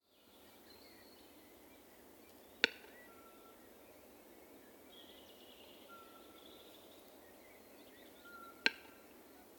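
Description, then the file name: Western capercaillie making two isolated sharp clicks about six seconds apart, with quiet background between. Snapping sounds of the bird. "Digiffects Sound Effects Library - Capercaillie Bird Snapping"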